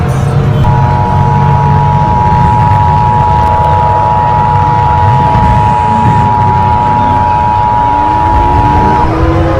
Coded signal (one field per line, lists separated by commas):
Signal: Emergency Alert System (SAME) tones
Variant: 853 and 960 Hz attention tone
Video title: Nuclear First Strike EAS Scenario/Ambience/Audio Experience